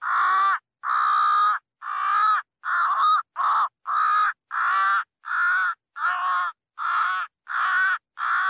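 Crow cawing in a steady series of harsh, nasal caws, about eleven in under nine seconds, each caw roughly half a second long with short gaps.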